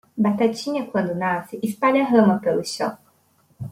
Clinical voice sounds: short text; Brazilian Portuguese; female; 20 to 29 years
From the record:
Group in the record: control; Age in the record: 22 years

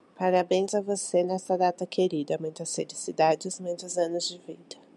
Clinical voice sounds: short text; Brazilian Portuguese; female; 30 to 39 years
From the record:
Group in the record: control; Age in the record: 31 years

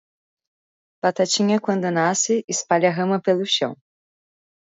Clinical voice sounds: short text; Brazilian Portuguese; female; 20 to 29 years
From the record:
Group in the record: control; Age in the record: 25 years

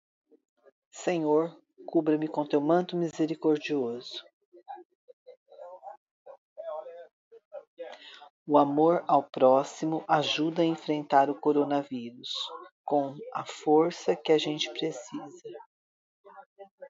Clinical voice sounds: spoken sentence; Brazilian Portuguese; female; 50 to 59 years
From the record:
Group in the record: control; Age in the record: 54 years

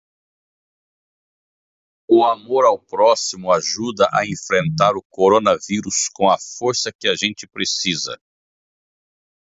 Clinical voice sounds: spoken sentence; Brazilian Portuguese; male; 50 to 59 years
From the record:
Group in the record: control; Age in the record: 54 years

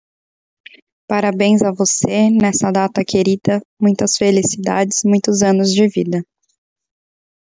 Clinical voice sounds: short text; Brazilian Portuguese; female; 30 to 39 years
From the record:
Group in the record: control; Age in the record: 30 years

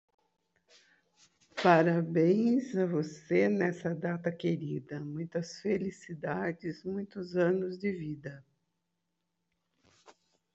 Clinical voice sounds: short text; Brazilian Portuguese; female; 60 to 69 years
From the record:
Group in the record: control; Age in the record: 64 years

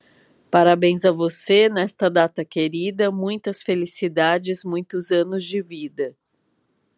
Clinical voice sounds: short text; Brazilian Portuguese; female; 50 to 59 years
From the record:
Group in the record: control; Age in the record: 52 years

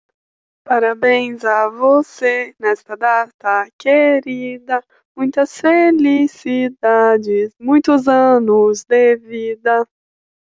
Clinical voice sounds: short text; Brazilian Portuguese; female; 20 to 29 years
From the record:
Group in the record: control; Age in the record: 24 years

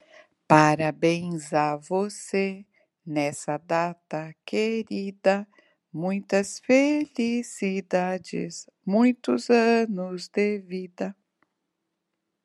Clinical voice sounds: short text; Brazilian Portuguese; female; 50 to 59 years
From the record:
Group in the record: control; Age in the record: 58 years

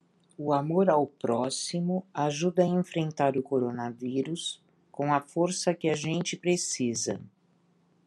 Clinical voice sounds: spoken sentence; Brazilian Portuguese; female; 60 to 69 years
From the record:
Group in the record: control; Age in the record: 60 years

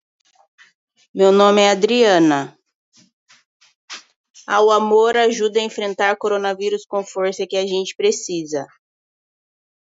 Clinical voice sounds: spoken sentence; Brazilian Portuguese; female; 40 to 49 years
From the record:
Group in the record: control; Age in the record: 42 years

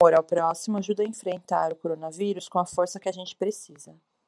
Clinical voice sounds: spoken sentence; Brazilian Portuguese; female; 30 to 39 years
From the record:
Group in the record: control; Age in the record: 36 years

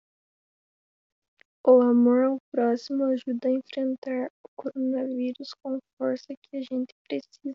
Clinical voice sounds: spoken sentence; Brazilian Portuguese; female; 18 to 19 years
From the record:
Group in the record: control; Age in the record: 18 years

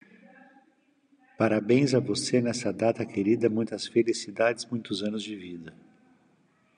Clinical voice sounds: short text; Brazilian Portuguese; male; 50 to 59 years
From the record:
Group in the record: control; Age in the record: 55 years

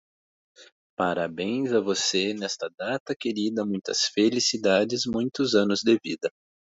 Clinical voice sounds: short text; Brazilian Portuguese; male; 40 to 49 years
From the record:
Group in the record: control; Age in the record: 40 years

